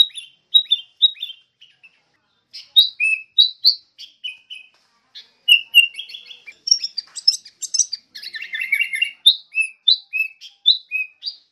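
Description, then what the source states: Sooty-headed bulbul song: short bubbly whistled notes in quick phrases, some slurred downward, with brief pauses and a denser chattering burst in the second half. Vigorous ('gacor') kutilang song used as a tutor (masteran).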